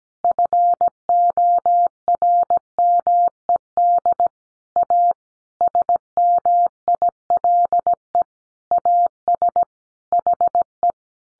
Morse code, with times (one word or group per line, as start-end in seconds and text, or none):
0.2-4.3 FORMED
4.8-5.1 A
5.6-8.2 SMILE
8.7-9.6 AS
10.1-10.9 HE